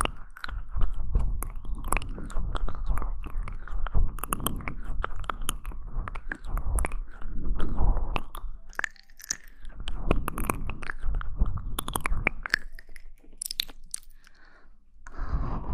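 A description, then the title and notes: Mouth sounds fill the clip: wet clicks, smacks and chewing-like crunches come in quick, irregular bursts with short pauses between them. A low rumble sits under the busier stretches, and around twelve to fifteen seconds the sounds thin out into sparser sharp clicks. Mouth Sounds.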